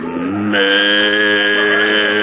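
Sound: cow mooing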